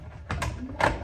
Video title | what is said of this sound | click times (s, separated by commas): Screen Innovations Nano V2 Motorized Roller Shades | snaps so you get a positive click which is awesome and we'll just let it roll up here real quick | 0.3 s